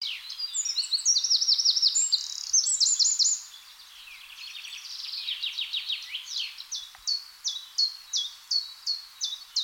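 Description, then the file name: Eurasian wren giving a loud, fast, tumbling trill of high notes, then a softer run and a slower series of separate notes. "Troglodytes troglodytes"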